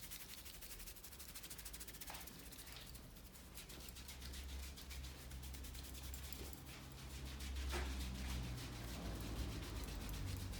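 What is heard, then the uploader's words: A beard cut with a steady, rapid ticking buzz like electric clippers running throughout, over a low droning hum. Short scraping swells cut through near 2 and 8 seconds, and the sound grows a little louder toward the end. Men's shave & Turkish massage.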